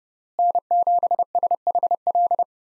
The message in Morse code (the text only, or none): N7SHL